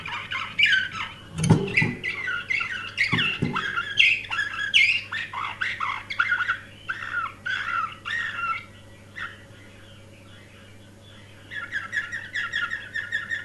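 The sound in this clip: Canary song of busy warbled phrases with a few loud thumps early on, then a pause of a couple of seconds before the twittering resumes, low hum throughout.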